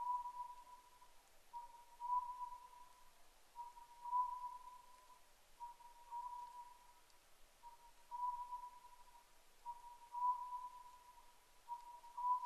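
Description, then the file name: Oriental scops owl with a long run of evenly repeated whistled phrases, a quick note then a sustained one, roughly every two seconds. Recorded 10 May 2010 at 01:03. "konohazuku-20100510-0103"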